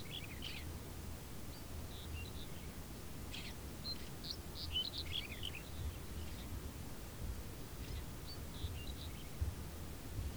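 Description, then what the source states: Birds: high chirps and brief warbles come in loose clusters throughout, over continuous low-pitched background noise. Birds in a field, background ambience.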